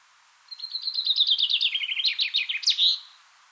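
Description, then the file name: Common chaffinch sings one cascading phrase of rapid sweet notes, falling then rising into an emphatic closing flourish, with light background noise. "Fringilla coelebs"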